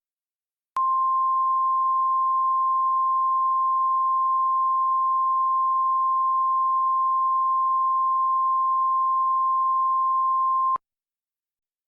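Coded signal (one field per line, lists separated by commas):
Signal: Emergency Alert System (SAME) tones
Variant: 1050 Hz attention tone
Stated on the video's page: Fictional EAS scenario made for entertainment, not a real event.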